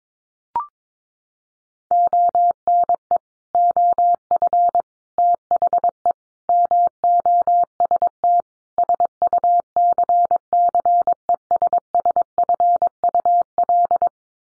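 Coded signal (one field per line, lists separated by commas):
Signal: Morse code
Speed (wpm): 22 wpm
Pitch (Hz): 700 Hz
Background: none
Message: ONE OF THE MOST SUCCESSFUL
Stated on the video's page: Morse head-copy drill of common five-word groups at 22 wpm, each set sent in code, spoken, then resent.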